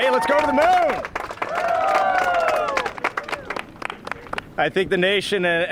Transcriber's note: cheers